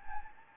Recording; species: mosquito wingbeat signal from an infrared sensor; Anopheles gambiae